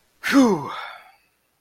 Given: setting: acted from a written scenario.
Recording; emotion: vocal sound without words; anger